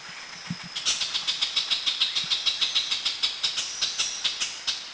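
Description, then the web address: Ochraceous bulbul giving a fast run of harsh, scratchy chattering notes. Recorded at Krung Ching, Thailand. "Thailand Krung Ching 09 Ochraceous Bulbul"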